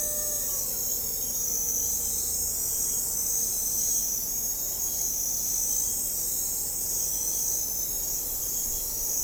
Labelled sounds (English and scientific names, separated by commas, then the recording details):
none
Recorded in forest near Pivijay, Magdalena, Colombia, on 2 June 2023 at 04:30
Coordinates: 10.467, -74.380
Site Z5-G034